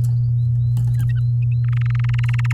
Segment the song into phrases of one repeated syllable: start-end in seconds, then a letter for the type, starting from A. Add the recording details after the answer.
1.64-2.53 A. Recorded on 8 May 2018 at 15:31. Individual llb16